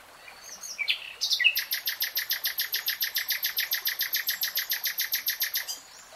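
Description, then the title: Nightingale song: a few introductory whistles followed by a long, steady series of loud repeated chattering notes lasting over four seconds. Nightingale singing in real time. "[Tiếng chim hót] 3 Hours REALTIME Nightingale Singing"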